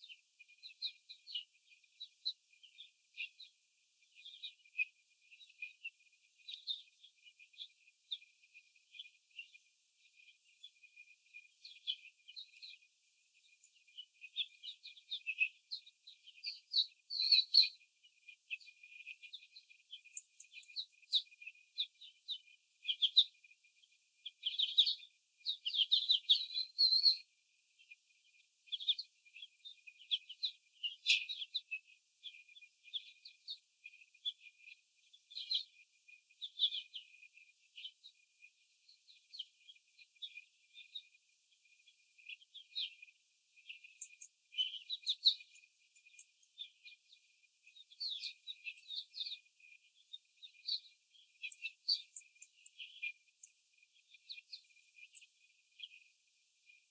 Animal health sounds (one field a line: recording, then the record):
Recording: young laying hens in a cage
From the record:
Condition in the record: after the stressor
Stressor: simulated dog barking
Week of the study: 4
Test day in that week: 3